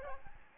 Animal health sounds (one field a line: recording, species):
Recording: mosquito wingbeat signal from an infrared sensor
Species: Aedes albopictus